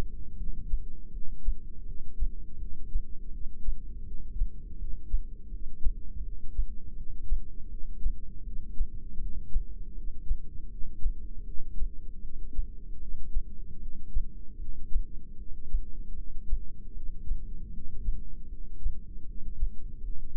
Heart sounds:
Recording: heart sounds by microphone in the left ear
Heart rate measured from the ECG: 79 bpm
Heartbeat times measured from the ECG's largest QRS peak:
0.37 s: heartbeat
1.12 s: heartbeat
1.85 s: heartbeat
2.58 s: heartbeat
3.31 s: heartbeat
4.05 s: heartbeat
4.78 s: heartbeat
5.50 s: heartbeat
6.22 s: heartbeat
6.95 s: heartbeat
7.69 s: heartbeat
8.44 s: heartbeat
9.19 s: heartbeat
9.94 s: heartbeat
10.69 s: heartbeat
11.45 s: heartbeat
12.21 s: heartbeat
12.99 s: heartbeat
13.79 s: heartbeat
14.58 s: heartbeat
15.37 s: heartbeat
16.15 s: heartbeat
16.94 s: heartbeat
17.71 s: heartbeat
18.49 s: heartbeat
19.25 s: heartbeat
20.02 s: heartbeat
From the record:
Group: heart failure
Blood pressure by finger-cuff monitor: 159/113 mmHg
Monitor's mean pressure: 130 mmHg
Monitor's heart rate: 79 bpm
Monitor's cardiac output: 7.3 L/min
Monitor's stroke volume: 91 mL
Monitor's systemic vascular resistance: 1330 dyn s/cm5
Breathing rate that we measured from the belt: 14 breaths a minute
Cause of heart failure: non-ischemic cardiomyopathy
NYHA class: 1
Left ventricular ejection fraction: 62%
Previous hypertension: present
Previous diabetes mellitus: present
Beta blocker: bisoprolol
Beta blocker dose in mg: 10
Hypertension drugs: sacubitril-valsartan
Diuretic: furosemide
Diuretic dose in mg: 20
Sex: male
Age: 49 years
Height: 167 cm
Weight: 110 kg

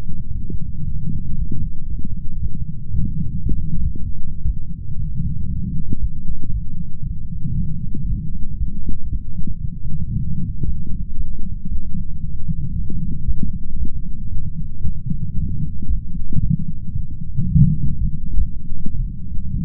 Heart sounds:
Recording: heart sounds by stethoscope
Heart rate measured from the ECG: 116 bpm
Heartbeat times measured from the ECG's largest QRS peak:
0.33 s: heartbeat
0.85 s: heartbeat
1.37 s: heartbeat
1.89 s: heartbeat
2.41 s: heartbeat
2.92 s: heartbeat
3.44 s: heartbeat
3.79 s: heartbeat
4.43 s: heartbeat
4.97 s: heartbeat
5.49 s: heartbeat
6.00 s: heartbeat
6.52 s: heartbeat
7.04 s: heartbeat
7.55 s: heartbeat
8.07 s: heartbeat
8.58 s: heartbeat
9.10 s: heartbeat
9.62 s: heartbeat
10.14 s: heartbeat
10.66 s: heartbeat
11.18 s: heartbeat
11.70 s: heartbeat
12.22 s: heartbeat
12.74 s: heartbeat
13.26 s: heartbeat
13.78 s: heartbeat
14.30 s: heartbeat
14.83 s: heartbeat
15.35 s: heartbeat
15.88 s: heartbeat
16.40 s: heartbeat
16.93 s: heartbeat
17.46 s: heartbeat
17.99 s: heartbeat
18.33 s: heartbeat
18.98 s: heartbeat
19.52 s: heartbeat
From the record:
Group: healthy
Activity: light exercise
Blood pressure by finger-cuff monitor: 141/73 mmHg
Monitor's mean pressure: 90 mmHg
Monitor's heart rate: 115 bpm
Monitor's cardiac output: 11.3 L/min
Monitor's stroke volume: 99 mL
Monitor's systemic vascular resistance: 570 dyn s/cm5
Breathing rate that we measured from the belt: 27 breaths a minute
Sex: male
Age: 35 years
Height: 180 cm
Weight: 86.9 kg

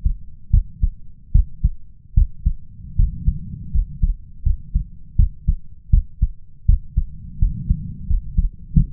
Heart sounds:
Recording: heart sounds by stethoscope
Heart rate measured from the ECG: 80 bpm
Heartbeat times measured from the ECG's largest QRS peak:
0.50 s: heartbeat
1.32 s: heartbeat
2.14 s: heartbeat
2.95 s: heartbeat
3.71 s: heartbeat
4.43 s: heartbeat
5.16 s: heartbeat
5.90 s: heartbeat
6.65 s: heartbeat
7.38 s: heartbeat
8.06 s: heartbeat
8.73 s: heartbeat
From the record:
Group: healthy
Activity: rest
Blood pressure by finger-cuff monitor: 122/91 mmHg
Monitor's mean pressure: 100 mmHg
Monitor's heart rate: 79 bpm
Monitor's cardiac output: 5.7 L/min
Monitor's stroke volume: 71 mL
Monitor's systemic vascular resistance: 1320 dyn s/cm5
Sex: male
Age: 21 years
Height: 180 cm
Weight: 67.5 kg

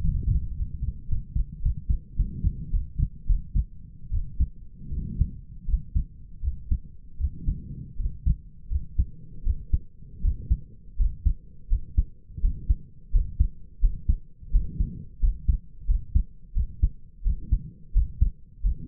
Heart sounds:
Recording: heart sounds by stethoscope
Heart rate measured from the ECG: 86 bpm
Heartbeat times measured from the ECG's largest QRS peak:
0.54 s: heartbeat
1.08 s: heartbeat
1.62 s: heartbeat
2.16 s: heartbeat
2.71 s: heartbeat
3.27 s: heartbeat
4.11 s: heartbeat
4.90 s: heartbeat
5.66 s: heartbeat
6.42 s: heartbeat
7.18 s: heartbeat
7.97 s: heartbeat
8.69 s: heartbeat
9.44 s: heartbeat
10.22 s: heartbeat
10.97 s: heartbeat
11.69 s: heartbeat
12.41 s: heartbeat
13.12 s: heartbeat
13.81 s: heartbeat
14.52 s: heartbeat
15.20 s: heartbeat
15.87 s: heartbeat
16.54 s: heartbeat
17.24 s: heartbeat
17.93 s: heartbeat
18.63 s: heartbeat
From the record:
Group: healthy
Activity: rest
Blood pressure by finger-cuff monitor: 124/72 mmHg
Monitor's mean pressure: 88 mmHg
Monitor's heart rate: 85 bpm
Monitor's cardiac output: 6.3 L/min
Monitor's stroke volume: 75 mL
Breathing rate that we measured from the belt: 25 breaths a minute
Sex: male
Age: 22 years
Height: 181 cm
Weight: 60 kg

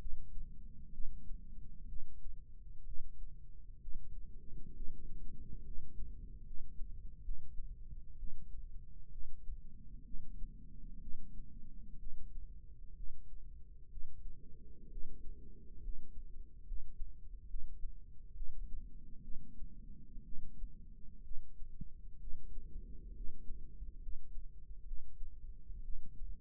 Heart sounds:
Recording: heart sounds by microphone in the left ear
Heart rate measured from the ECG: 65 bpm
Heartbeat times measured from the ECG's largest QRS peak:
0.92 s: heartbeat
1.87 s: heartbeat
2.85 s: heartbeat
3.80 s: heartbeat
4.74 s: heartbeat
5.63 s: heartbeat
6.44 s: heartbeat
7.23 s: heartbeat
8.17 s: heartbeat
9.10 s: heartbeat
10.04 s: heartbeat
11.00 s: heartbeat
11.98 s: heartbeat
12.95 s: heartbeat
13.89 s: heartbeat
14.89 s: heartbeat
15.81 s: heartbeat
16.65 s: heartbeat
17.48 s: heartbeat
18.34 s: heartbeat
19.22 s: heartbeat
20.24 s: heartbeat
21.23 s: heartbeat
22.19 s: heartbeat
23.13 s: heartbeat
24.00 s: heartbeat
24.85 s: heartbeat
25.82 s: heartbeat
From the record:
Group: healthy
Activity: rest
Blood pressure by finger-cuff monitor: 142/67 mmHg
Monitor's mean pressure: 91 mmHg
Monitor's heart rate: 64 bpm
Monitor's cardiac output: 6.4 L/min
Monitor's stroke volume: 101 mL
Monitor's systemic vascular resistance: 1030 dyn s/cm5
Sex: female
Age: 37 years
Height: 168 cm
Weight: 70 kg

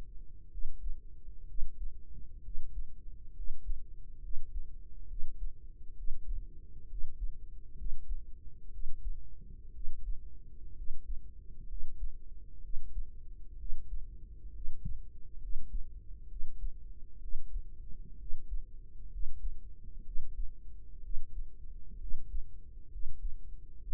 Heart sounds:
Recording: heart sounds by microphone in the right ear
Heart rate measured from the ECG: 64 bpm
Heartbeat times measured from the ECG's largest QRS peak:
0.47 s: heartbeat
1.44 s: heartbeat
2.39 s: heartbeat
3.31 s: heartbeat
4.18 s: heartbeat
5.05 s: heartbeat
5.92 s: heartbeat
6.85 s: heartbeat
7.73 s: heartbeat
8.68 s: heartbeat
9.70 s: heartbeat
10.72 s: heartbeat
11.64 s: heartbeat
12.59 s: heartbeat
13.54 s: heartbeat
14.50 s: heartbeat
15.37 s: heartbeat
16.25 s: heartbeat
17.17 s: heartbeat
18.15 s: heartbeat
19.07 s: heartbeat
20.01 s: heartbeat
20.99 s: heartbeat
21.96 s: heartbeat
22.87 s: heartbeat
23.77 s: heartbeat
From the record:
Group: healthy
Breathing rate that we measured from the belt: 15 breaths a minute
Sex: female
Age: 23 years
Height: 160 cm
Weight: 50.4 kg

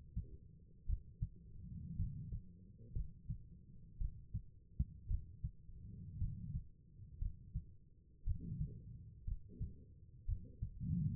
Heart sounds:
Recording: heart sounds by stethoscope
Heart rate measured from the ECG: 57 bpm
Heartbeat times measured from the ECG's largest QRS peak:
0.86 s: heartbeat
1.96 s: heartbeat
2.93 s: heartbeat
3.98 s: heartbeat
5.07 s: heartbeat
6.18 s: heartbeat
7.19 s: heartbeat
8.24 s: heartbeat
9.24 s: heartbeat
10.25 s: heartbeat
From the record:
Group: healthy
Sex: female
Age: 36 years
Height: 163 cm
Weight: 88 kg

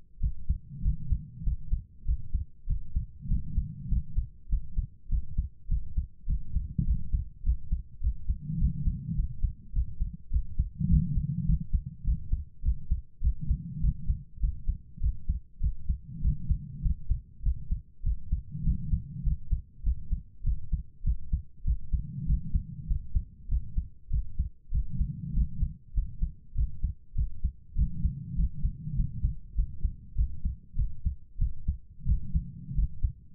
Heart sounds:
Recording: heart sounds by stethoscope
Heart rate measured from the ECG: 100 bpm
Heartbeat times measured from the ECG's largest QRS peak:
0.19 s: heartbeat
0.81 s: heartbeat
1.42 s: heartbeat
2.04 s: heartbeat
2.65 s: heartbeat
3.27 s: heartbeat
3.87 s: heartbeat
4.48 s: heartbeat
5.08 s: heartbeat
5.67 s: heartbeat
6.25 s: heartbeat
6.83 s: heartbeat
7.42 s: heartbeat
7.99 s: heartbeat
8.57 s: heartbeat
9.14 s: heartbeat
9.72 s: heartbeat
10.29 s: heartbeat
10.87 s: heartbeat
11.44 s: heartbeat
12.03 s: heartbeat
12.61 s: heartbeat
13.20 s: heartbeat
13.79 s: heartbeat
14.39 s: heartbeat
14.99 s: heartbeat
15.59 s: heartbeat
16.20 s: heartbeat
16.81 s: heartbeat
17.42 s: heartbeat
18.02 s: heartbeat
18.62 s: heartbeat
19.22 s: heartbeat
19.82 s: heartbeat
20.42 s: heartbeat
21.02 s: heartbeat
21.63 s: heartbeat
22.25 s: heartbeat
22.86 s: heartbeat
23.47 s: heartbeat
24.09 s: heartbeat
24.70 s: heartbeat
25.32 s: heartbeat
25.93 s: heartbeat
26.54 s: heartbeat
27.14 s: heartbeat
27.74 s: heartbeat
28.35 s: heartbeat
28.94 s: heartbeat
29.54 s: heartbeat
30.14 s: heartbeat
30.75 s: heartbeat
31.37 s: heartbeat
32.04 s: heartbeat
32.74 s: heartbeat
From the record:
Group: healthy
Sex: female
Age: 32 years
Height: 172 cm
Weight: 71.7 kg

